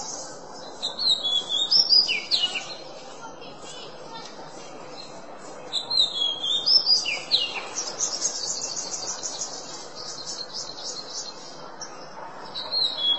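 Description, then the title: Oriental magpie-robin song in bursts of high, varied notes with quieter spells between, over constant background noise. "Kacer"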